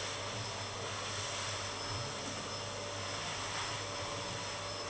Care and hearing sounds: daily activity, microphone in the room; vacuum cleaning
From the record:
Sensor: 4

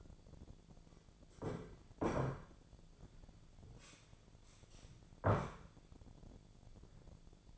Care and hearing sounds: daily activity, microphone in the room; sit down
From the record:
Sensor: 5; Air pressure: 1008.2 hPa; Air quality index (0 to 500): 153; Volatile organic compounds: 3 ppm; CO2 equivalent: 1474 ppm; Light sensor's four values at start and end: 59/165/64/64 and 59/165/64/64

